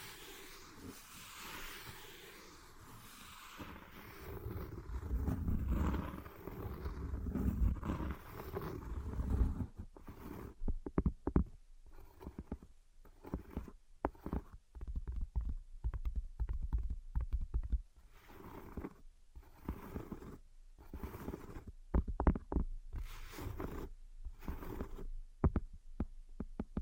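Invisible tapping and scratching: a dense, rumbling rustle for ten seconds, then choppy bursts of low scratching broken by brief silent gaps.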